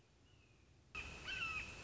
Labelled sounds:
Red-shouldered Hawk
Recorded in Sonoma County, California

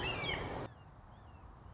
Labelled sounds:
Red-shouldered Hawk
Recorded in Sonoma County, California

